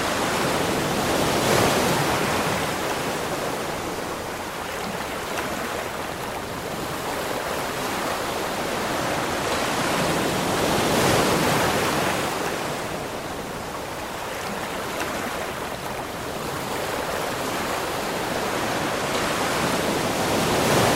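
Gentle waves wash against the shoreline in a steady, dense hiss of water. The sound swells softly every few seconds, around two, eleven and twenty seconds, then eases back without ever falling silent. It is close and bright, with little low rumble.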